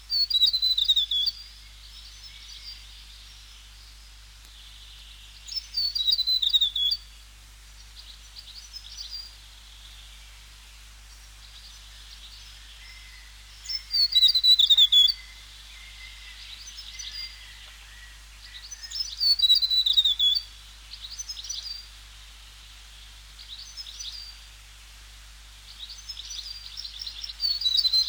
South Island tomtit song.